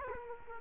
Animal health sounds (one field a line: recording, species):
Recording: mosquito wingbeat signal from an infrared sensor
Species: Culex quinquefasciatus